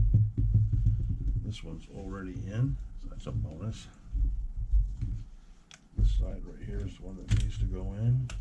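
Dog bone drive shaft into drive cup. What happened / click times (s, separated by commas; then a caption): The part is being handled but has not yet seated / none. Someone talks while handling the dog bone drive shaft of an RC truck, getting its second side ready to push into the drive cup, with a few faint short ticks early on. Nothing has seated or clicked yet.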